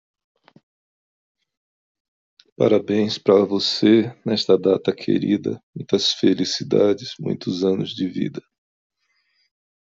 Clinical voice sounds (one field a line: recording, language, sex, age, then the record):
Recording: short text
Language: Brazilian Portuguese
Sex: male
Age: 50 to 59 years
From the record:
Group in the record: control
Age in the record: 56 years